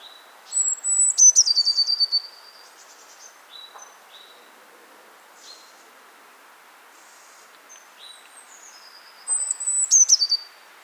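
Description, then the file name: Eurasian blue tit giving a high whistled note and a fast trill. Scattered soft chips and short buzzy notes follow, then the whistle and trill return near the end. "Cyanistes caeruleus"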